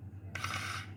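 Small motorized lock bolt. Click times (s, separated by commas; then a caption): 0.4 s. A Quba digital drawer lock, left open, locks itself automatically after a few seconds; its bolt snaps into the locked position with a sharp click at 0.4 s. A brief mechanical whir follows until about 0.85 s over a steady low hum. The drawer lock has auto-locked.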